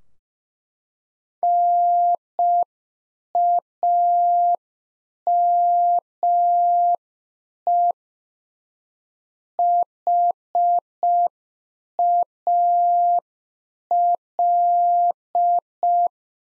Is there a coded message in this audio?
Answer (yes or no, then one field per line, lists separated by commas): yes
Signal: Morse code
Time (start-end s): 1.4-16.1 s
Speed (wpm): 5 wpm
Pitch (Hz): 700 Hz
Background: none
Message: NAME HAL